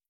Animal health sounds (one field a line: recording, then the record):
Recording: hydrophone in a shrimp aquaculture tank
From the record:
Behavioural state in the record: starved